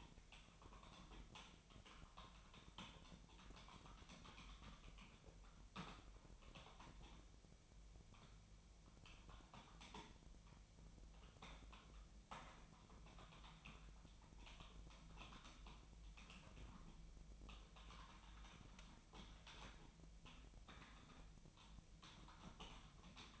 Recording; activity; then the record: daily activity, microphone in the room; typing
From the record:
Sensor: 1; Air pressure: 1009.5 hPa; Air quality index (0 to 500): 195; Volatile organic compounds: 19 ppm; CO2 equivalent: 2668 ppm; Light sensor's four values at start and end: 28/72/30/36 and 29/74/30/36